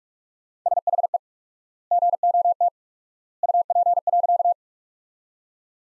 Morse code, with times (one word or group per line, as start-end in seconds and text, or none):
0.7-1.2 SHE
1.9-2.7 GOT
3.4-4.5 UP.